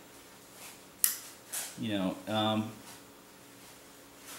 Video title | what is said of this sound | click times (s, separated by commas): Magpul PTS Trigger Work | and you get it in there and it you hear it click | 1.0 s